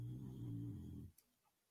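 A sleeping dog named Missy snores loudly: a single low, rumbling snore lasting about a second, followed by quiet.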